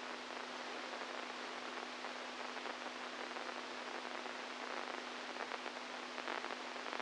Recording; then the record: brain microelectrode recording played as sound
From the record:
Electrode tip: inside the subthalamic nucleus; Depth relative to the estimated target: -1 mm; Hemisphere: right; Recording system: NeuroSet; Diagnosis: Parkinson's disease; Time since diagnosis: 10 years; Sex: male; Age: 65 years